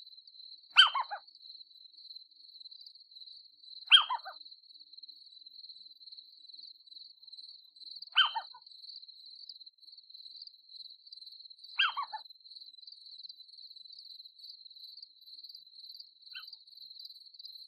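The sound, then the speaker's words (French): A steady, high, metallic chirring of crickets and grasshoppers runs unbroken throughout, while a short, descending call cuts in about every four seconds, five times, fading on the last. “Le bruissement lancinant et métallique des régiments de sauterelles, de grillons, de locustes et autres courtières, disséminés par myriades sur les herbes de la prairie.”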